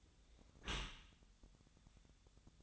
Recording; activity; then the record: daily activity, microphone in the room; close dishwasher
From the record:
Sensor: 3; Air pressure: 1004.6 hPa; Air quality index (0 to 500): 106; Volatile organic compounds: 4 ppm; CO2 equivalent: 1657 ppm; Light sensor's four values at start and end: 7/17/7/6 and 7/17/7/6